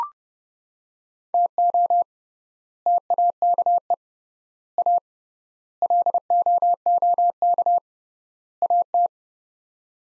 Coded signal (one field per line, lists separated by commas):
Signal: Morse code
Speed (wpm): 30 wpm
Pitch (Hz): 700 Hz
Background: none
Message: TO TAKE A LOOK AT